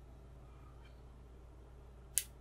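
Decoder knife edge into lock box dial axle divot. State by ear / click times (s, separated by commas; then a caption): seated / 2.2 s. On the second wheel of a ShurLok SL-200W key lock box, a decoder knife edge drops into the dial axle divot with a single sharp click at 2.2 s, marking that wheel's digit as 4. Before it there is only a low steady background hum with a faint brief tick near 0.9 s.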